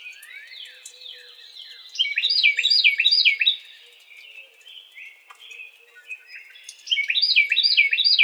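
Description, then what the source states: Carolina wren song: a bright rolling chant of repeated looping phrases from about two to three and a half seconds in, then another burst near the end, with softer chirps before and between. Recorded on 4 January 2007.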